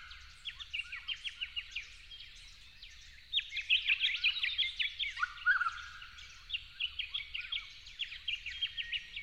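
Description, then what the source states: Yellow-faced honeyeater song: strings of quick chirps rising to a loud, dense burst, with a lower downslurred note and further chirping runs after. At dawn, dated 08/01/12.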